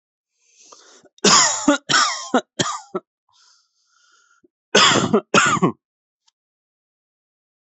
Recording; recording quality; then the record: heavy voluntary cough; excellent, no background noise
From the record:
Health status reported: healthy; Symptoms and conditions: none ticked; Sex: male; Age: 35 years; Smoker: not ticked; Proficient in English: yes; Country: India